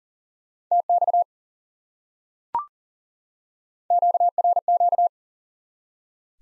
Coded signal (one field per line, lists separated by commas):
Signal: Morse code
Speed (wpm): 39 wpm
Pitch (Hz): 700 Hz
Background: none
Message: TX QRQ